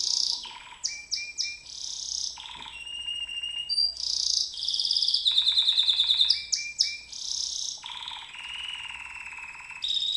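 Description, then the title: White-eye singing a long, varied high song of buzzy trills, sharp chirps and slurred whistles, with few pauses. Song in the ngerol ngalas style, a long continuous rolling song. "Suara Burung Pleci Ngerol Ngalas"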